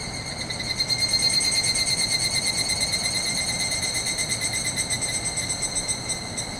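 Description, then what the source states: Evening cicada song, a fast metallic pulsed trill rising in volume then tapering off, layered over other cicadas and a deep background roar of flowing water. Chorus calling back and forth inside woodland after sunset, 31 July 2020, after heavy late rainy-season rain; swollen distant river roaring; recorded with ZOOM H6 and MKH8020 microphone.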